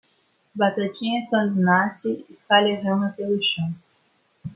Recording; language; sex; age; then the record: short text; Brazilian Portuguese; female; 18 to 19 years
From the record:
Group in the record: control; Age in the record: 19 years